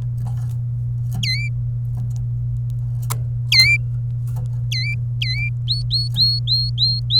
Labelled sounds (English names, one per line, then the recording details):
Domestic Canary song
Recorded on 27 April 2018 at 13:56
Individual llb3